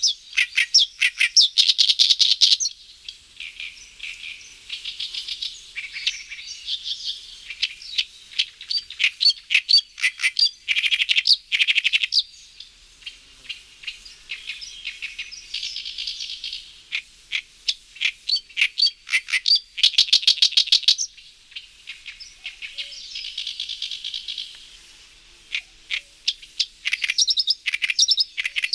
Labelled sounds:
Oriental Reed Warbler (Acrocephalus orientalis) song

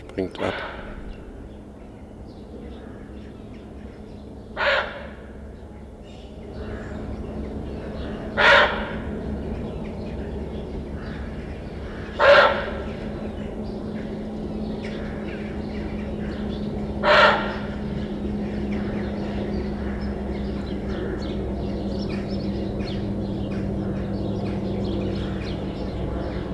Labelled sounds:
Indian Muntjac (Muntiacus muntjak)

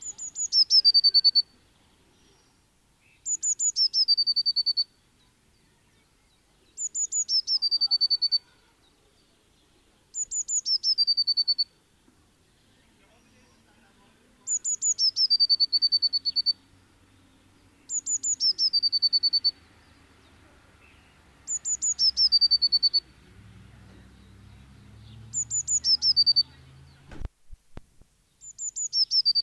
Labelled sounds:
Eurasian Blue Tit (Cyanistes caeruleus) song

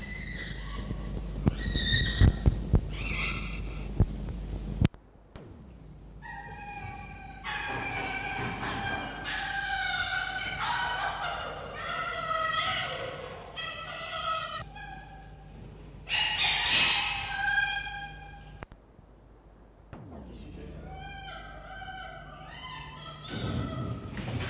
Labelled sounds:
Red Fox (Vulpes vulpes)

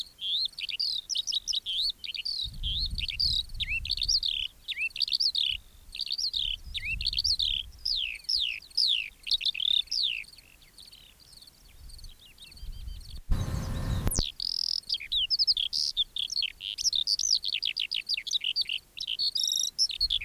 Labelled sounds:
Eurasian Skylark (Alauda arvensis) song

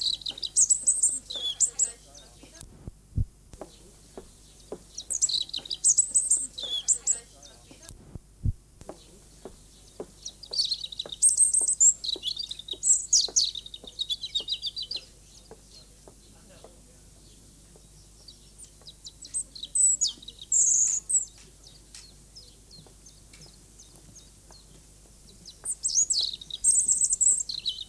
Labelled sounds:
European Robin (Erithacus rubecula) song

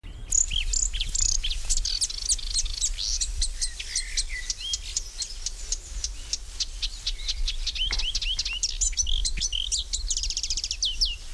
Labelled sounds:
Marsh Warbler (Acrocephalus palustris) song

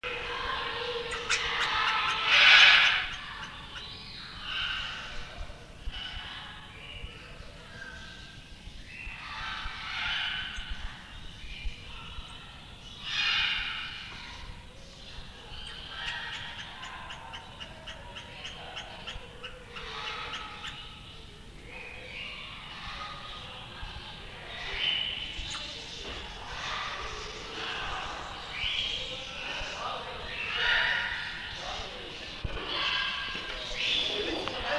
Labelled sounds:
Common Treeshrew (Tupaia glis) call

